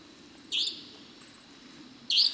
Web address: common nightjar call sound effect